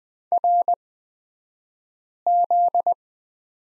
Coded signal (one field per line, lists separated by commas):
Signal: Morse code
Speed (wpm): 20 wpm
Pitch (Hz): 700 Hz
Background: none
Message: RZ